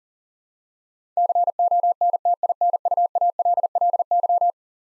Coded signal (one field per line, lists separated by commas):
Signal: Morse code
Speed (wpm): 38 wpm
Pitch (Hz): 700 Hz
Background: none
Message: CONTINUALLY